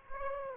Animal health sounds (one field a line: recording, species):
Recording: mosquito wingbeat signal from an infrared sensor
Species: Aedes aegypti